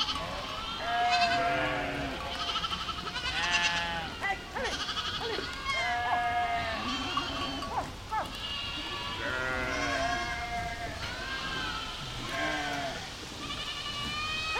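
Cows moo over one another almost without pause, a herd of wavering, fairly high, bleat-like calls rising and falling in pitch. The din stays steady and dense for the whole stretch, easing only briefly near the thirteenth second.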